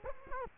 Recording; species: mosquito wingbeat signal from an infrared sensor; Culex quinquefasciatus